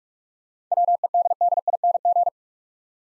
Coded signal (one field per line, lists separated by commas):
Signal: Morse code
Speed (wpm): 44 wpm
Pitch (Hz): 700 Hz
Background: none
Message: WEDDING